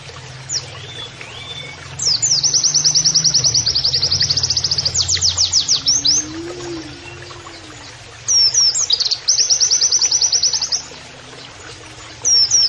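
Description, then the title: Oriental white-eye song: extended high rapid trill ending in louder sweeping notes, a long pause, then another trill; low rumble underneath. Canary-like singing (kenarian), used in masteran training to teach song to caged birds; a vigorous (gacor) singer. "Pleci Gacor. MASTERAN PLECI NEMBAK KENARIAN"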